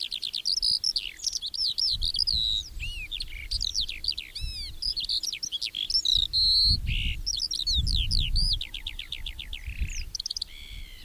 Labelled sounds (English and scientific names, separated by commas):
Eurasian Skylark (Alauda arvensis) song